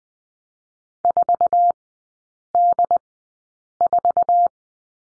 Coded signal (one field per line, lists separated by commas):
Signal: Morse code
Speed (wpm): 20 wpm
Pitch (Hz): 700 Hz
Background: none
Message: 4 D 4